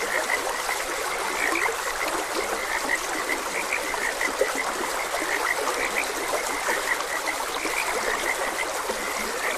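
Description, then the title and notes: Many frogs calling together, short croaks tumbling over one another without pause, backed by the even trickle and rush of a stream. Frogs croaking beside a gentle stream. "Gentle Stream and Frogs Croaking. Sleep and Relaxation Podcast"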